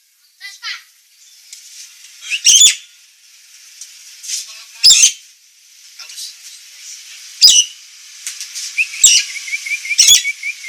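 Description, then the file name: Nias hill myna producing sharp harsh calls every couple of seconds over a hissy background of soft chatter, ending with a rapid series of tiny repeated notes. Described as a persistently singing (gacor), noisy (berisik) Nias myna. "Kicau Jalak Nias Gacor Suara Berisik"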